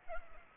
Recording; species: mosquito wingbeat signal from an infrared sensor; Culex pipiens